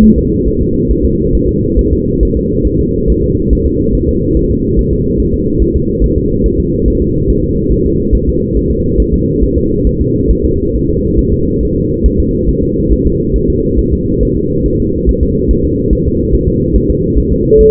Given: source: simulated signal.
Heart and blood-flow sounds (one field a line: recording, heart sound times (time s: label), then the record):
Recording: fetal heart sounds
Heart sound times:
0.04 s: S1
0.18 s: S2
0.48 s: S1
0.62 s: S2
0.91 s: S1
1.05 s: S2
1.35 s: S1
1.49 s: S2
1.79 s: S1
1.93 s: S2
2.23 s: S1
2.37 s: S2
2.67 s: S1
2.81 s: S2
3.10 s: S1
3.24 s: S2
3.53 s: S1
3.67 s: S2
3.95 s: S1
4.09 s: S2
4.37 s: S1
4.51 s: S2
4.79 s: S1
4.93 s: S2
5.20 s: S1
5.34 s: S2
5.62 s: S1
5.76 s: S2
6.04 s: S1
6.18 s: S2
6.46 s: S1
6.60 s: S2
6.88 s: S1
7.02 s: S2
7.30 s: S1
7.44 s: S2
7.72 s: S1
7.86 s: S2
8.15 s: S1
8.29 s: S2
8.57 s: S1
8.71 s: S2
9.00 s: S1
9.14 s: S2
9.43 s: S1
9.57 s: S2
9.87 s: S1
10.01 s: S2
10.31 s: S1
10.45 s: S2
10.75 s: S1
10.90 s: S2
11.19 s: S1
11.33 s: S2
11.63 s: S1
11.77 s: S2
12.06 s: S1
12.20 s: S2
12.49 s: S1
12.63 s: S2
12.92 s: S1
13.06 s: S2
13.36 s: S1
13.50 s: S2
13.79 s: S1
13.93 s: S2
14.23 s: S1
14.37 s: S2
14.66 s: S1
14.80 s: S2
15.09 s: S1
15.23 s: S2
15.51 s: S1
15.65 s: S2
15.93 s: S1
16.07 s: S2
16.34 s: S1
16.49 s: S2
16.76 s: S1
16.90 s: S2
17.18 s: S1
17.32 s: S2
17.61 s: S1
From the record:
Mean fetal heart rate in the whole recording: 140 bpm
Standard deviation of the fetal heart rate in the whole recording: 2 bpm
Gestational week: 34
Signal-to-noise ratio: -10.2 dB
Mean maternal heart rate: 72 bpm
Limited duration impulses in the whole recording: present